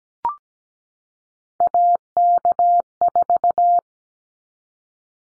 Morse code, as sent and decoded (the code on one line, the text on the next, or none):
.- -.- ....-
AK4